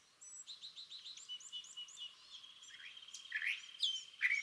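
California thrasher song, a run of quick repeated chirpy notes followed by louder slurred, rising and varied phrases, with a thin steady high tone running underneath.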